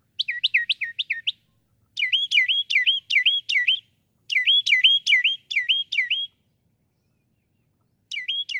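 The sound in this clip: Northern mockingbird singing fast bursts of sliding, falling whistled notes, each burst repeating the same phrase several times before a pause.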